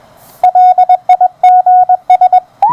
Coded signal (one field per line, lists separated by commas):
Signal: Morse code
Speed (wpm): 20 wpm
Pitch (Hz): 720 Hz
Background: radio noise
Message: LIGS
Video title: The WBR Regen on The 30M Amateur Band